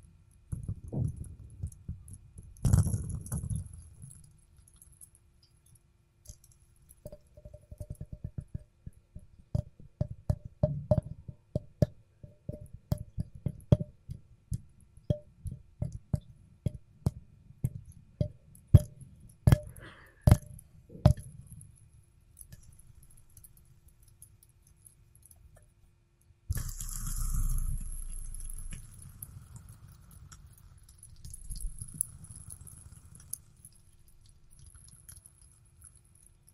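A fidget spinner is tapped and handled, with a rapid run of sharp clicks from about 7 to 21 seconds, some carrying a faint ringing tone. Low rumbling handling noise comes and goes, with heavier bursts near 3 and 27 seconds and a thin high whine throughout.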